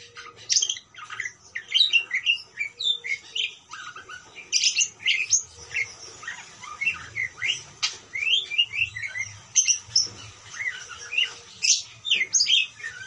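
Parakeet chattering, a steady stream of short high chirps and squeaky notes.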